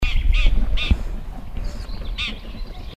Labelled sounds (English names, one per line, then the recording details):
Garden Warbler call
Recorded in the wild
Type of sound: call
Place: Hobrechtsfelder Rieselfelder, Naturpark Barnim, Berlin, DE
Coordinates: 52.66, 13.4767
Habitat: decidous forest
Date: 2013-05-12
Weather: sunny, weak winds, 10°C
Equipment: Sound Devices 702, Sennheiser MKH 70, Rycote Windschutz
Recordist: Frommolt, Karl-Heinz
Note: Warnrufe einer Gartengrasmücke